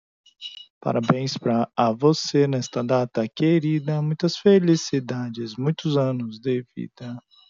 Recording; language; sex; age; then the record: short text; Brazilian Portuguese; male; 30 to 39 years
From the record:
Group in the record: control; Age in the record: 37 years